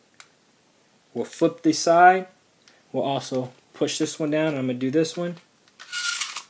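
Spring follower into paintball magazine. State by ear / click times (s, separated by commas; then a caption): not seated / none. The spring follower of a Stark Pursuit Zetamag paintball magazine is handled after the magazine is flipped, with its second side about to be pushed down. Someone talks over a sharp tap near the start, and brief handling and rustling noises follow at the end. Nothing has seated or clicked yet.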